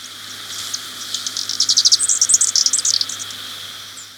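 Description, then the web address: Sparkling violetear calling, a fast irregular burst of very high, thin chipping notes that swells and fades, over a steady hum. Ecuador. "Natures Songs S America Birds of Ecuador. Sparkling Violetear"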